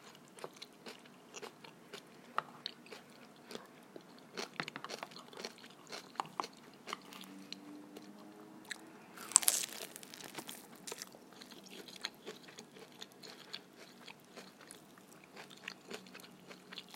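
Someone eats stinky tofu, with quick, irregular crisp clicks and crunches from chewing and biting throughout. Around nine to ten seconds a brief louder burst of crunching stands out. A quiet low hum sits underneath.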